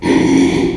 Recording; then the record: squeal of a Yucatan mini pig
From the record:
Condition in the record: after surgery on the right vocal fold (resection and tissue-engineered implant); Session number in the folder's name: 2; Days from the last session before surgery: 13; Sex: male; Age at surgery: 12 weeks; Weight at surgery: 13 kg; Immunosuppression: cyclosporine, prednisolone